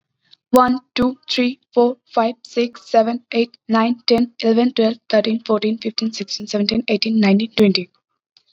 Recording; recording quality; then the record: counting at a fast pace; excellent, no background noise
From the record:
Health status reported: COVID-19 positive, mild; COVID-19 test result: positive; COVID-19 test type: RT-PCR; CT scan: not taken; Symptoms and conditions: cough, sore throat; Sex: female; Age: 18 years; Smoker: no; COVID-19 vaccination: both doses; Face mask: not worn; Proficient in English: yes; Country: India